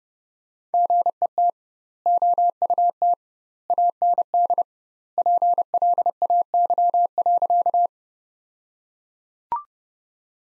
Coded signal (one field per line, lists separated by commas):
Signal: Morse code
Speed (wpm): 30 wpm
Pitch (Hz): 700 Hz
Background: none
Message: GET OUT AND PLAY.